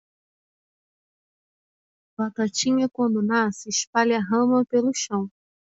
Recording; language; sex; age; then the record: short text; Brazilian Portuguese; female; 30 to 39 years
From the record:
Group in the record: control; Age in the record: 36 years